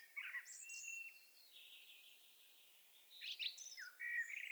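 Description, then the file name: Common blackbird song, a rather faint mix of soft fluted notes and thin high squeaks, closing with a short slurred whistle. "Turdus merula"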